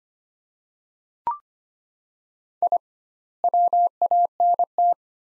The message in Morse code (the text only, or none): I WANT